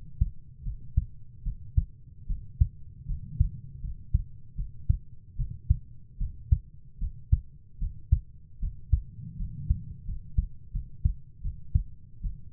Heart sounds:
heart sounds by stethoscope; 78 bpm
0.64 s: heartbeat
1.44 s: heartbeat
2.28 s: heartbeat
3.07 s: heartbeat
3.82 s: heartbeat
4.57 s: heartbeat
5.37 s: heartbeat
6.19 s: heartbeat
7.00 s: heartbeat
7.80 s: heartbeat
8.61 s: heartbeat
9.38 s: heartbeat
10.06 s: heartbeat
10.73 s: heartbeat
11.43 s: heartbeat
12.22 s: heartbeat
From the record:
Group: healthy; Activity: rest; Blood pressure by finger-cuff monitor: 107/59 mmHg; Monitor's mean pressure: 75 mmHg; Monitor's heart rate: 76 bpm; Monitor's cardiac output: 7.1 L/min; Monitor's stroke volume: 92 mL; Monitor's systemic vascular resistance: 760 dyn s/cm5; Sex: female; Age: 22 years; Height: 160 cm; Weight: 63 kg

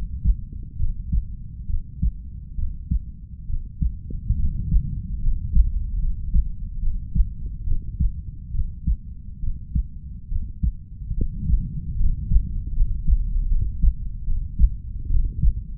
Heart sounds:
heart sounds by stethoscope; 71 bpm
0.76 s: heartbeat
1.66 s: heartbeat
2.55 s: heartbeat
3.46 s: heartbeat
4.36 s: heartbeat
5.20 s: heartbeat
5.99 s: heartbeat
6.79 s: heartbeat
7.64 s: heartbeat
8.51 s: heartbeat
9.40 s: heartbeat
10.28 s: heartbeat
11.14 s: heartbeat
11.96 s: heartbeat
12.73 s: heartbeat
13.48 s: heartbeat
14.24 s: heartbeat
15.07 s: heartbeat
From the record:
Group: healthy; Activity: rest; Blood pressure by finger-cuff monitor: 119/60 mmHg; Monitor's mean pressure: 76 mmHg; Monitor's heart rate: 70 bpm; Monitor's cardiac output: 6.1 L/min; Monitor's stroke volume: 86 mL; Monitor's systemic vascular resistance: 910 dyn s/cm5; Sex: female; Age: 32 years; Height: 168 cm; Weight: 61.9 kg

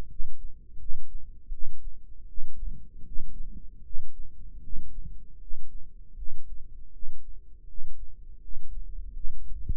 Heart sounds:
heart sounds by microphone in the right ear; 80 bpm
0.08 s: heartbeat
0.78 s: heartbeat
1.50 s: heartbeat
2.26 s: heartbeat
3.03 s: heartbeat
3.82 s: heartbeat
4.60 s: heartbeat
5.38 s: heartbeat
6.14 s: heartbeat
6.90 s: heartbeat
7.65 s: heartbeat
8.39 s: heartbeat
9.12 s: heartbeat
From the record:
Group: healthy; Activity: rest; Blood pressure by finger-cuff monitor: 104/57 mmHg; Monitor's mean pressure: 70 mmHg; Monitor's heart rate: 79 bpm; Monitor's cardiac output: 8.1 L/min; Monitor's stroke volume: 103 mL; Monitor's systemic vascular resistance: 610 dyn s/cm5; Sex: male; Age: 35 years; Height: 180 cm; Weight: 86.9 kg

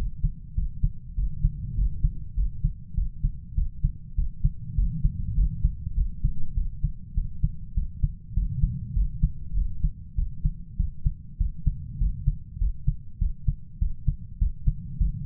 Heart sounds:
heart sounds by stethoscope; 100 bpm
0.57 s: heartbeat
1.18 s: heartbeat
1.78 s: heartbeat
2.37 s: heartbeat
2.97 s: heartbeat
3.57 s: heartbeat
4.18 s: heartbeat
4.78 s: heartbeat
5.38 s: heartbeat
5.97 s: heartbeat
6.57 s: heartbeat
7.17 s: heartbeat
7.77 s: heartbeat
8.37 s: heartbeat
8.96 s: heartbeat
9.57 s: heartbeat
10.18 s: heartbeat
10.79 s: heartbeat
11.40 s: heartbeat
12.01 s: heartbeat
12.61 s: heartbeat
13.21 s: heartbeat
13.81 s: heartbeat
14.41 s: heartbeat
15.00 s: heartbeat
From the record:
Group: healthy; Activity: cold pressor test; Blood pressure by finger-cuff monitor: 165/92 mmHg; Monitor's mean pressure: 111 mmHg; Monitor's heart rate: 100 bpm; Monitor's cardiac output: 7.9 L/min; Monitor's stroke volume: 79 mL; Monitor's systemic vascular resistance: 1060 dyn s/cm5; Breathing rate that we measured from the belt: 17 breaths a minute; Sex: male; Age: 21 years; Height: 175 cm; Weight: 72.6 kg

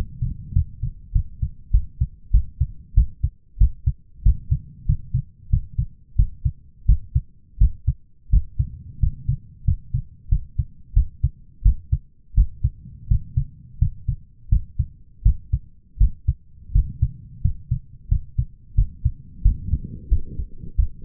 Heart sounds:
heart sounds by stethoscope; 89 bpm
0.53 s: heartbeat
1.12 s: heartbeat
1.71 s: heartbeat
2.31 s: heartbeat
2.94 s: heartbeat
3.58 s: heartbeat
4.23 s: heartbeat
4.86 s: heartbeat
5.50 s: heartbeat
6.16 s: heartbeat
6.86 s: heartbeat
7.58 s: heartbeat
8.30 s: heartbeat
8.99 s: heartbeat
9.64 s: heartbeat
10.29 s: heartbeat
10.93 s: heartbeat
11.62 s: heartbeat
12.34 s: heartbeat
13.08 s: heartbeat
13.78 s: heartbeat
14.49 s: heartbeat
15.22 s: heartbeat
15.97 s: heartbeat
16.72 s: heartbeat
17.41 s: heartbeat
18.08 s: heartbeat
18.75 s: heartbeat
19.42 s: heartbeat
20.08 s: heartbeat
20.75 s: heartbeat
From the record:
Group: healthy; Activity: rest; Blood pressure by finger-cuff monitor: 146/99 mmHg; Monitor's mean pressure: 111 mmHg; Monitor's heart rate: 91 bpm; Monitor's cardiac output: 7.5 L/min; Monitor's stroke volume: 83 mL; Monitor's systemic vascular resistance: 1030 dyn s/cm5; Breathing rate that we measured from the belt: 14 breaths a minute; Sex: male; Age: 23 years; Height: 179 cm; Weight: 87 kg

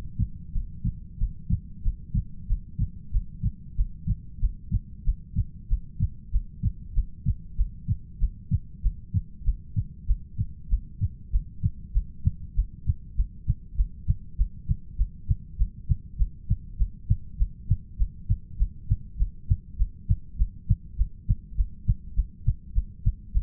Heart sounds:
heart sounds by stethoscope; 97 bpm
0.54 s: heartbeat
1.19 s: heartbeat
1.84 s: heartbeat
2.48 s: heartbeat
3.12 s: heartbeat
3.76 s: heartbeat
4.40 s: heartbeat
5.04 s: heartbeat
5.68 s: heartbeat
6.31 s: heartbeat
6.94 s: heartbeat
7.56 s: heartbeat
8.19 s: heartbeat
8.81 s: heartbeat
9.44 s: heartbeat
10.06 s: heartbeat
10.69 s: heartbeat
11.30 s: heartbeat
11.92 s: heartbeat
12.54 s: heartbeat
13.15 s: heartbeat
13.75 s: heartbeat
14.36 s: heartbeat
14.96 s: heartbeat
15.57 s: heartbeat
16.17 s: heartbeat
16.77 s: heartbeat
17.37 s: heartbeat
17.97 s: heartbeat
18.57 s: heartbeat
19.17 s: heartbeat
19.76 s: heartbeat
20.36 s: heartbeat
20.96 s: heartbeat
21.55 s: heartbeat
22.14 s: heartbeat
22.73 s: heartbeat
23.32 s: heartbeat
From the record:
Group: heart failure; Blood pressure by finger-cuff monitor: 79/58 mmHg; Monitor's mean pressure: 64 mmHg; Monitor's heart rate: 97 bpm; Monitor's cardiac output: 6.7 L/min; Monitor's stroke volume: 68 mL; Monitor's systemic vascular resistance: 680 dyn s/cm5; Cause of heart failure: ischemic heart disease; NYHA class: 1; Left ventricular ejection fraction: 38%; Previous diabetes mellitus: present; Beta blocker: bisoprolol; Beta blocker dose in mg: 15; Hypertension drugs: sacubitril-valsartan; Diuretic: furosemide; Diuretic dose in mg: 20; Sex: male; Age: 33 years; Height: 172 cm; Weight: 78.5 kg

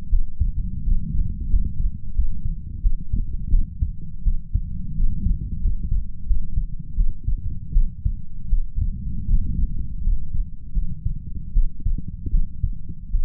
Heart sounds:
heart sounds by stethoscope; 83 bpm
0.08 s: heartbeat
0.82 s: heartbeat
1.48 s: heartbeat
2.13 s: heartbeat
2.80 s: heartbeat
3.49 s: heartbeat
4.22 s: heartbeat
4.93 s: heartbeat
5.59 s: heartbeat
6.25 s: heartbeat
6.94 s: heartbeat
7.71 s: heartbeat
8.48 s: heartbeat
9.25 s: heartbeat
10.01 s: heartbeat
10.72 s: heartbeat
11.51 s: heartbeat
12.29 s: heartbeat
13.09 s: heartbeat
From the record:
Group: healthy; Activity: rest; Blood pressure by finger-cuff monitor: 112/65 mmHg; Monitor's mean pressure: 82 mmHg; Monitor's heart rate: 82 bpm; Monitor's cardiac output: 6.9 L/min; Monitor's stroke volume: 83 mL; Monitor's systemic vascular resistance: 860 dyn s/cm5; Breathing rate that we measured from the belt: 14 breaths a minute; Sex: female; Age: 26 years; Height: 165 cm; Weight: 55 kg

